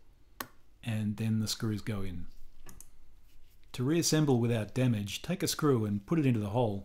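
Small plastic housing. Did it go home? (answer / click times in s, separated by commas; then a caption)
yes / 0.4 s. The plastic top half of the ball cup on an Elecom HUGE trackball, during a bearing replacement, is set carefully onto its bottom half over the bearing balls and pressed down. It clicks into place with one sharp hit at 0.4 s, and a couple of faint ticks follow around 2.7 and 2.8 s. Someone talks before and after.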